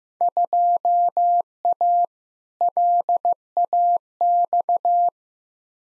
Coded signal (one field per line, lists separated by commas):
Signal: Morse code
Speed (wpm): 15 wpm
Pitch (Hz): 700 Hz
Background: none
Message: 2A LAX